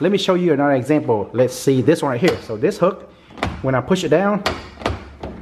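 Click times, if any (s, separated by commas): 4.9 s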